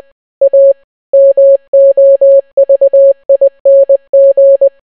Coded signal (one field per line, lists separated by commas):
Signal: Morse code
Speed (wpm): 20 wpm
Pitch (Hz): 550 Hz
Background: none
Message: A MOVING